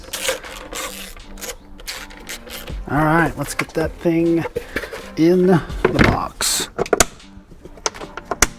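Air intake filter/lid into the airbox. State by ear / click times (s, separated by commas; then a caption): seated / 7.9 s, 8.4 s. On a Raptor truck, an air intake filter element and a new lid are pressed into the plastic airbox while someone talks. Sharp clicks ring out at 7.9 s and 8.4 s as the assembly snaps into place and seats in the airbox.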